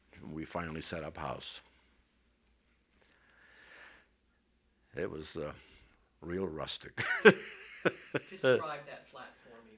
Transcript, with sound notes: and we finally set up house. It was real rustic. ( he laughs )
Describe that flat for me.